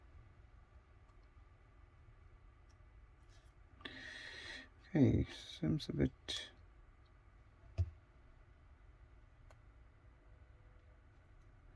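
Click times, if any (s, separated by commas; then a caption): none. A flex cable connector is pressed onto the mainboard of a Samsung Galaxy Z Fold 4 phone and feels tight. Someone talks briefly, and small handling ticks are heard around 3.8, 7.8 and 9.5 seconds. Nothing has seated or clicked yet.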